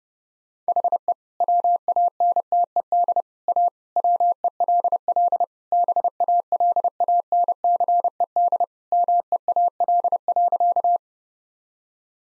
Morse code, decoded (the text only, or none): HE WANTED A WELL BALANCED MEAL.